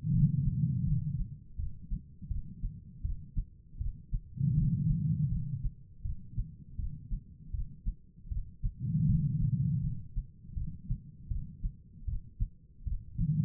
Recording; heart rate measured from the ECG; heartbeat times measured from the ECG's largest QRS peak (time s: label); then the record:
heart sounds by stethoscope; 80 bpm
0.12 s: heartbeat
0.85 s: heartbeat
1.57 s: heartbeat
2.29 s: heartbeat
3.02 s: heartbeat
3.79 s: heartbeat
4.55 s: heartbeat
5.29 s: heartbeat
6.03 s: heartbeat
6.77 s: heartbeat
7.52 s: heartbeat
8.29 s: heartbeat
9.07 s: heartbeat
9.81 s: heartbeat
10.55 s: heartbeat
11.29 s: heartbeat
12.06 s: heartbeat
12.85 s: heartbeat
From the record:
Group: healthy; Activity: rest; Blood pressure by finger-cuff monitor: 136/95 mmHg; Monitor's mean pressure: 114 mmHg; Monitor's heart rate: 80 bpm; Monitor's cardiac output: 4.7 L/min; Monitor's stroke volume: 59 mL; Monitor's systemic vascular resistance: 1800 dyn s/cm5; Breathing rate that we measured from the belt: 14 breaths a minute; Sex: female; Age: 51 years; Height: 162 cm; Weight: 70.04 kg